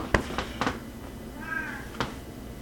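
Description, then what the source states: Domestic cat making a short, soft meow partway through, set among several sharp tapping and clicking noises. Recorded in Quebec in 2012; described as a cat conversation.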